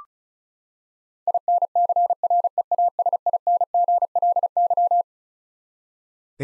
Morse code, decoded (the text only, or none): INCREASINGLY